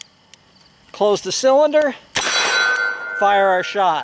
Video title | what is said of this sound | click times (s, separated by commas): Speed loaders for revolvers (Safariland vs HKS) | I'm simply pressing till it clicks once it clicks drop it | 0.0 s, 0.3 s